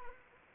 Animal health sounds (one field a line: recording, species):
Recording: mosquito wingbeat signal from an infrared sensor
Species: Anopheles arabiensis